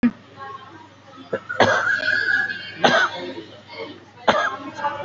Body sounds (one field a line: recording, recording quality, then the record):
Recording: heavy voluntary cough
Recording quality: moderate, slight background noise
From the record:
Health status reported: respiratory illness, not identified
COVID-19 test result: negative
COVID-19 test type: RT-PCR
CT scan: not taken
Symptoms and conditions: cough, cold, breathing difficulty, fever, asthma, chronic lung disease, another respiratory illness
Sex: male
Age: 51 years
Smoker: no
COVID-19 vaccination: none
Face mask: not worn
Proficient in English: no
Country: India